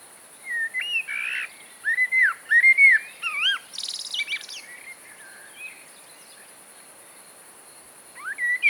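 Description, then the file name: Eurasian blackbird singing mellow whistled phrases that slide up and down, then a burst of high twittering notes, a pause of a couple of seconds and another phrase; steady high hiss throughout. "Turdus merula"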